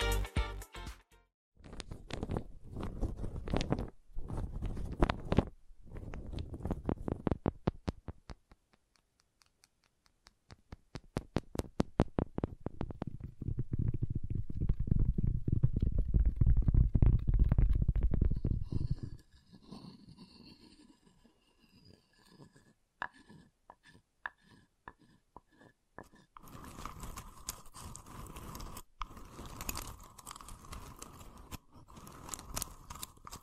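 ASMR wood triggers: quick bursts of tapping and scratching on wood, dense clicks in the first eight seconds, then a low rumbling rubbing from about 12 to 19 seconds. Sparse taps follow, and the last seven seconds bring a steady brighter scraping hiss.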